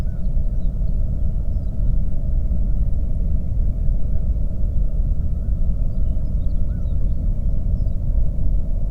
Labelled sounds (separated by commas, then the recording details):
songbird, waterfowl, flare stack
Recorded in the Prudhoe Bay oil fields, Alaska, on 22 May 2019 at 01:31
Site 25